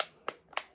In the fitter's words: and then you hear it snap